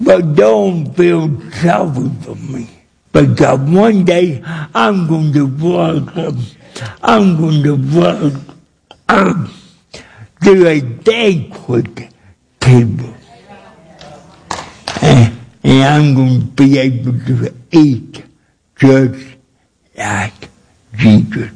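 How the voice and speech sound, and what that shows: An adult male evangelist with cerebral palsy preaches in a church. His speech is dysarthric: slow, drawn-out, effortful words with long pauses between phrases, and it is somewhat difficult to understand.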